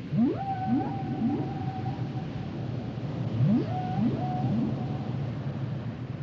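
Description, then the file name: Whale song: two series of sharp upward swoops with long flat tonal wails, over constant low noise. Recorded in Nueva Esparta. "Whales and Dolphins whale nature sounds songs nueva esparta"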